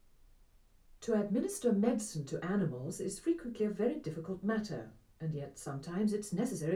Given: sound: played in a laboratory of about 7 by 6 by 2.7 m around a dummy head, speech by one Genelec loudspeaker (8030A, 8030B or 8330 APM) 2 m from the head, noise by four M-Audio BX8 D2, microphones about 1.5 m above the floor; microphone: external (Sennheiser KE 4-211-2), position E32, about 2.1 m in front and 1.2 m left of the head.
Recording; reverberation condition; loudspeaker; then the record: female speech in English; low; 150 degrees to the right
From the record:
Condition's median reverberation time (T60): about 310 ms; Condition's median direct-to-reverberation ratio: about 3.5 dB